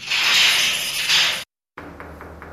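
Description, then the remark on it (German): A burst of loud, hissing rustle stops abruptly, then after a short silence come four or five soft, evenly spaced knocks on a prison cell wall, faint and muffled. “Es ist ganz leicht, man muss eben das Ohr wirklich ganz an die Wand halten und darf ja nicht zu laut klopfen.”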